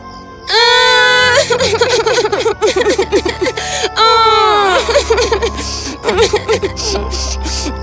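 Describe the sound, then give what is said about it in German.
Two children, tired from running, sit in the grass of a dark raspberry forest and cry: two loud, high-pitched wailing cries, each followed by stretches of choppy, hiccuping sobs and whimpers, with a third softer sobbing outburst near the end. “Sie setzten sich nieder ins Gras und begannen zu weinen.”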